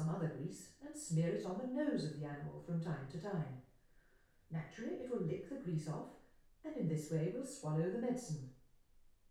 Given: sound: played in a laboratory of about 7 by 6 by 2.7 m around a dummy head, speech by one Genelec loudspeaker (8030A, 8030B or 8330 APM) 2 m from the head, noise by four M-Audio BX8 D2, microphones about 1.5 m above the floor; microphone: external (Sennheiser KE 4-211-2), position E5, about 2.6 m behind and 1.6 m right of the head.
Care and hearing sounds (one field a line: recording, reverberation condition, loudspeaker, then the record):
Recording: female speech in English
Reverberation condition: medium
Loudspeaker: 150 degrees to the left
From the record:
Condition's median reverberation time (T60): about 510 ms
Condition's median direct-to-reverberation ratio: about -0.5 dB